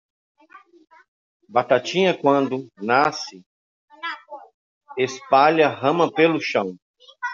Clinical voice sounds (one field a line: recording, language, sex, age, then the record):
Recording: short text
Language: Brazilian Portuguese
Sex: male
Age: 40 to 49 years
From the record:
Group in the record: control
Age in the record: 44 years